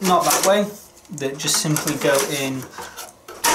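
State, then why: Seated. Someone talks while a plastic drive tray is slid into a drive bay of a Synology DS415+ NAS enclosure and pushed home. A soft knock at 3.3 s is followed by a louder click at 3.5 s as the tray latches. The tray is seated in the bay.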